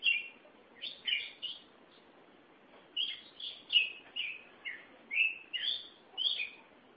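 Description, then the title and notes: Oriental magpie-robin song: whistled and warbled phrases broken by short pauses, some phrases sliding downward, over a faint steady hiss. "Suara Kicauan Burung Kacer Durasi Panjang. Suara kicauan burung kacer format mp3 durasi panjang"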